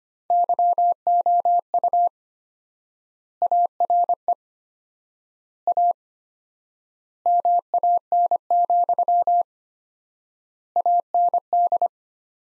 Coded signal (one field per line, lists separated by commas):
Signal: Morse code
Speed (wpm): 25 wpm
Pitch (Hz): 700 Hz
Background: none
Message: YOU ARE A MAN, AND